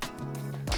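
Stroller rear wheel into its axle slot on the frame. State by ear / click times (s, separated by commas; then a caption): not seated / none. A rear wheel of a Bēbee V3 Lightweight Stroller is being handled and pushed toward its axle slot on the stroller frame while background music plays, with a short tap at the start and a louder, low thump at about 0.7 s. Nothing has seated or clicked yet.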